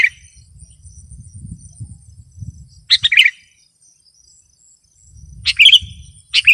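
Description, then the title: Sooty-headed bulbul song: several short bubbly phrases of quick, slurred notes, separated by pauses, over a steady high whine and low rumble. "kutilang"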